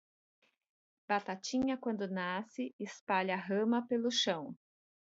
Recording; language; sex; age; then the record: short text; Brazilian Portuguese; female; 50 to 59 years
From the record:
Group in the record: control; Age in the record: 54 years